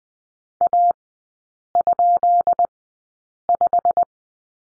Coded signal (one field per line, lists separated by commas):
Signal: Morse code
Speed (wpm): 20 wpm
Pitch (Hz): 700 Hz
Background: none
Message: A?5